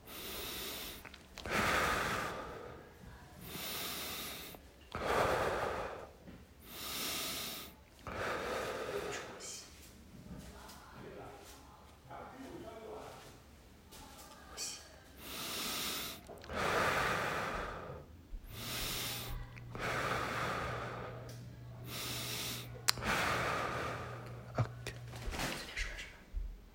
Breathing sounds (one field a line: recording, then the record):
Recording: deep breathing after running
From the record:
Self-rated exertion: very light exertion (1 of 6)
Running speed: 6 miles an hour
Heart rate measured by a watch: 91 beats a minute at the start, 85 at the end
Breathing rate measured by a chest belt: 14 breaths a minute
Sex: male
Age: 23 years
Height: 172 cm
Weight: 73 kg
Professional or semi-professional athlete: no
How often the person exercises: 3 to 5 times a week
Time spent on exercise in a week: over 5 hours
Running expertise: yes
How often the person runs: 3 to 5 times a week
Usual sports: running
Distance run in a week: 40 km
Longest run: 20 km